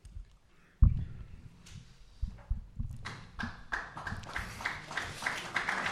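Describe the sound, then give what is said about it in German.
An audience at a panel discussion breaks into applause: a few low thumps at first, then scattered claps that quickly swell into steady, dense clapping from many hands, with no voices heard. “Die Klatschfreudigkeit kommt zurück.”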